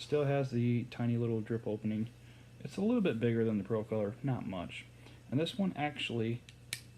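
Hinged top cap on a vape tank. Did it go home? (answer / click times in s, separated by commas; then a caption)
yes / 6.7 s. Someone talks while swiveling the hinged top-fill cap of a Smok Prince vape tank shut, the tank having a tiny drip opening and a side button that swivels the cap open. At 6.7 s one sharp click sounds as the cap locks into place, unlike older tanks whose caps can swing open.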